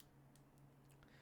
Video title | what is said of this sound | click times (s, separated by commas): Flipper Zero BadUSB Tutorial | make sure it clicks in there or else it won't read it you want to get that nice green flash there it goes | 1.0 s